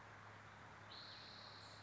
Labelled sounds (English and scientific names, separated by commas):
Spotted Towhee (Pipilo maculatus)